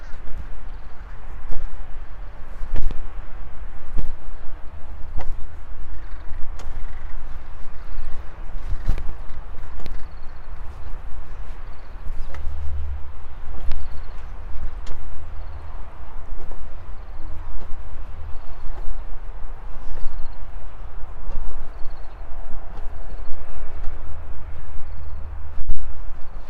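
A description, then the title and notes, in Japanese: Soil is worked around potato plants, with a steady low engine-like rumble underneath throughout. Sharp knocks and scrapes of a hoe land irregularly every second or two, and faint birds chirp high in the background across the whole outdoor scene. じゃがいもの中耕とクワで土寄せ。20℃\\10℃/晴れ。山は若葉 良い季節。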